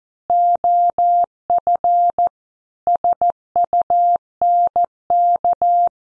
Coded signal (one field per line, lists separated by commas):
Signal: Morse code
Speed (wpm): 14 wpm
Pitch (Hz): 700 Hz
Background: none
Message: OF SUNK